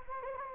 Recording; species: mosquito wingbeat signal from an infrared sensor; Anopheles gambiae